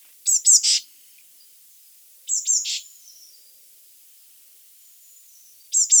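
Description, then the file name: Eurasian blue tit call: two high notes and a buzzy churr repeated three times, with a faint thin whistle in the background. "Cyanistes caeruleus"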